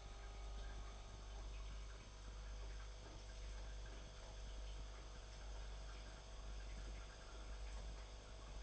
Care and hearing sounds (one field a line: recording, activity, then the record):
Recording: daily activity, microphone in the room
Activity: make coffee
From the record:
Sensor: 5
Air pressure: 991.9 hPa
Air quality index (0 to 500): 166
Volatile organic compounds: 392 ppm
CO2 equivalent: 4659 ppm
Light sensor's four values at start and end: 32/108/40/43 and 32/108/40/43